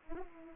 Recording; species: mosquito wingbeat signal from an infrared sensor; Anopheles arabiensis